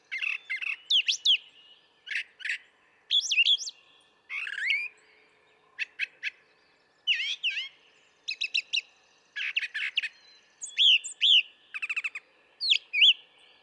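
Brown thrasher song, a lively string of changing phrases of chirps, trills and slurred whistles, often doubled, with short pauses between.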